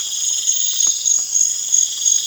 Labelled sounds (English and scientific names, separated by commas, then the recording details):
none
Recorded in pastures near Puerto Asís, Putumayo, Colombia, on 25 June 2025 at 02:30
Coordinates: 0.502, -76.324
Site G010